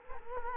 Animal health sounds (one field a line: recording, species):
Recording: mosquito wingbeat signal from an infrared sensor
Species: Culex quinquefasciatus